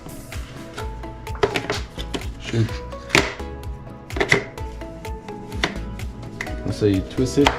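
During engine work on the air filter and spark plugs, a new replacement twist-lock engine-bay part is twisted into its mount while someone talks over steady background music. Sharp knocks and taps of handling come through, the loudest near 3.2 s and 4.3 s. The part has not locked or seated yet.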